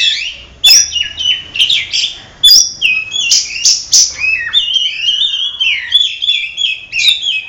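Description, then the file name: Oriental magpie-robin singing rich, varied whistles and scratchy notes, busy at first with loud clicks, then a smoother run of sliding whistled phrases. Simulated songbird contest. "audio simulasi lomba untuk kacer omkicau"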